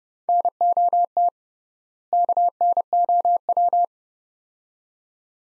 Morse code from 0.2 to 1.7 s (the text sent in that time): NOT